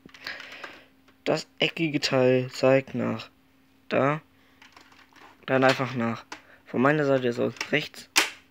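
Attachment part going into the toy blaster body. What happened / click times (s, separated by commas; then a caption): The blaster part is being handled and has not yet seated / none. An attachment part is pushed to the right into the body of a Nerf Retaliator Elite foam dart blaster, shown with a Nerf Firestrike in snow camo, while someone talks. Only a few faint handling taps and rustles are heard between the words. Nothing has clicked or seated yet.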